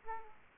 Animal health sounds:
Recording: mosquito wingbeat signal from an infrared sensor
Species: Aedes aegypti

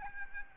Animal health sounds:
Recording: mosquito wingbeat signal from an infrared sensor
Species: Aedes albopictus

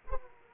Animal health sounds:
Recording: mosquito wingbeat signal from an infrared sensor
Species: Aedes aegypti

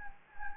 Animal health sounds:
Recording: mosquito wingbeat signal from an infrared sensor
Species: Anopheles gambiae

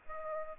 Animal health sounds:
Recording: mosquito wingbeat signal from an infrared sensor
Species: Aedes aegypti

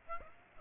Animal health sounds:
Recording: mosquito wingbeat signal from an infrared sensor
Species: Aedes aegypti

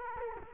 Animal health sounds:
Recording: mosquito wingbeat signal from an infrared sensor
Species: Culex quinquefasciatus

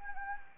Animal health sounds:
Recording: mosquito wingbeat signal from an infrared sensor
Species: Anopheles gambiae

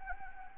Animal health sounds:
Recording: mosquito wingbeat signal from an infrared sensor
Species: Anopheles arabiensis

